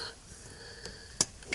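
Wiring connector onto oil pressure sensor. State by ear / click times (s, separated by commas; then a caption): seated / 1.2 s. A plastic electrical connector is pushed onto the new oil pressure sensor on the engine of a 1996 RA1 Odyssey. A sharp snap is heard at 1.2 s as the connector seats, followed by a few fainter clicks. The connector is seated and gets a little tug afterward to check it.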